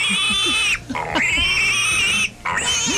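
A pig squeals loudly in long, high-pitched cries broken by two brief pauses, with low snorting grunts rumbling underneath.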